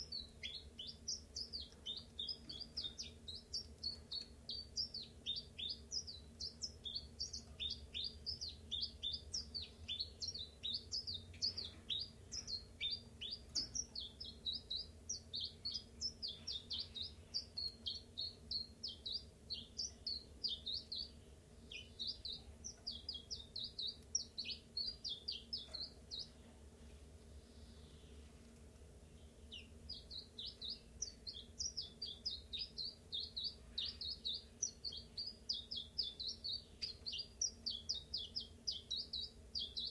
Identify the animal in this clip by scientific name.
Phylloscopus collybita